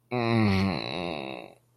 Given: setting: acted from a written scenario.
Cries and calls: vocal sound without words; shame

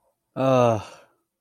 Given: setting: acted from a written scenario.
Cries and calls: vocal sound without words; embarrassment

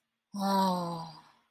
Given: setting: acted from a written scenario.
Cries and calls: vocal sound without words; sympathy

